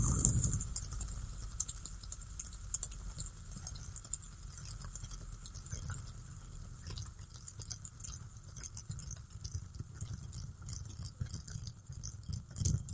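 A fidget spinner whirs with a steady thin high tone while light irregular tapping and clicks continue throughout, with low thumps at start and end.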